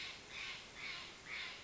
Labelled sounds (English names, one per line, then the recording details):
Steller's Jay
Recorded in Sonoma County, California